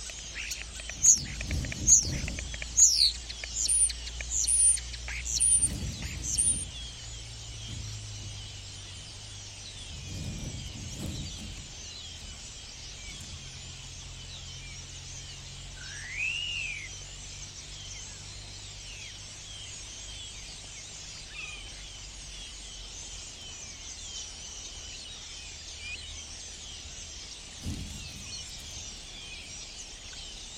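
Morning in a clay pit: a dense, steady wash of insect-like buzzing and distant bird chatter fills the upper range throughout. In the first seven seconds a bird repeats a bright, high chirp in a quick series, with low thumps and rumbles at about 10 and 28 seconds.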